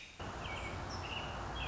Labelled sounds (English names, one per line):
American Robin